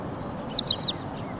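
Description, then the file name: Crested lark: three quick, high whistled notes in a brief phrase, with faint steady background noise. "Cappellaccia"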